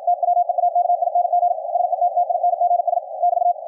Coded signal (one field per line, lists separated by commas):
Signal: Morse code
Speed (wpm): 52 wpm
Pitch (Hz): 700 Hz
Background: radio noise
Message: TWEAKING SETTINGS <BT>